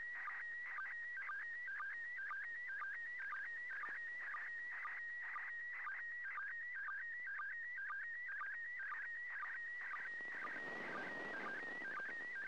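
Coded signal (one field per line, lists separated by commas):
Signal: SSTV (slow-scan television)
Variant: PD120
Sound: warbling tone shifting in pitch, with regular short low sync chirps about twice a second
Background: radio static, noise burst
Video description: Transmissions should be on the standard frequency of 145.800 MHz and in the PD 120 format.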